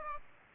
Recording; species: mosquito wingbeat signal from an infrared sensor; Aedes aegypti